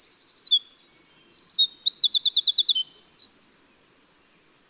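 Winter wren song: a long, rapid, high tumbling stream of trills and bright notes, with two fast rattling trills, ending in a thin high buzz.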